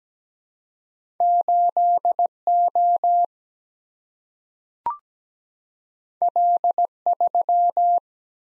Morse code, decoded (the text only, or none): 8O L3